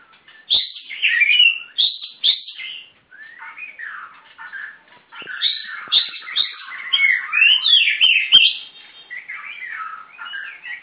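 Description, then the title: Oriental Magpie-robin pouring out loud, varied song: bright whistles and harsh chatter in bursts separated by brief pauses. "Kacer"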